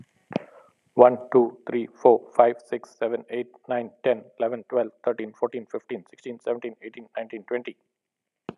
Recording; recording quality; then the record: counting at a fast pace; excellent, no background noise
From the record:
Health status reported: exposed to COVID-19, no respiratory illness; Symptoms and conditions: cough, fever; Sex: male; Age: 51 years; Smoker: not ticked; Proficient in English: yes